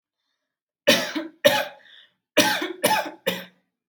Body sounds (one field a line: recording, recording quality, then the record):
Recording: heavy voluntary cough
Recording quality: excellent, no background noise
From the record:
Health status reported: healthy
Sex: female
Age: 20 years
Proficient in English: yes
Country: India